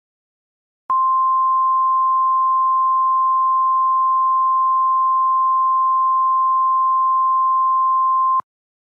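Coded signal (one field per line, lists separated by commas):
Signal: Emergency Alert System (SAME) tones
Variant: 1050 Hz attention tone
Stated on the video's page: Fictional EAS scenario mock.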